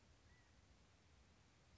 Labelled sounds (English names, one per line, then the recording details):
California Quail
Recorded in Sonoma County, California